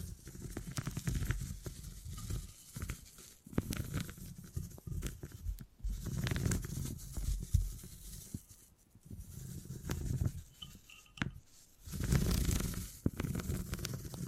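Beeswax is pressed, squished and handled in uneven bursts, with soft low rumbling and crisp crackles and ticks scattered throughout. The sounds swell and fade irregularly, dropping to near silence around nine seconds and again briefly near eleven.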